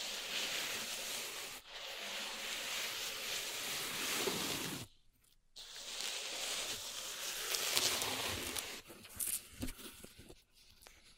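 Pink salt in a zen garden is raked and rubbed in dense, hissy scraping, broken by a short silence near five seconds and choppier bursts later.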